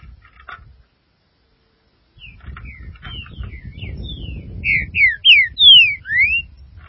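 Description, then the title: Green-winged saltator song: soft whistled notes build into a loud run of five slurred, falling and rising whistles near the end, over a low background rumble. "Trinca Ferro"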